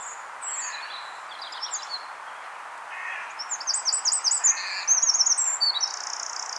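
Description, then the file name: Eurasian wren song, a few thin high notes early, then a fast, very high rattling trill building through the second half. "Troglodytes troglodytes"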